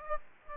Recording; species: mosquito wingbeat signal from an infrared sensor; Aedes aegypti